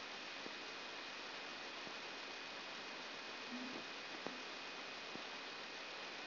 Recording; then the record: brain microelectrode recording played as sound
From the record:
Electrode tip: outside the subthalamic nucleus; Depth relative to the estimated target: -6 mm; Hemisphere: left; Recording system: AlphaMap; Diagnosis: Parkinson's disease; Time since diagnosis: 11 years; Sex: female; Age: 62 years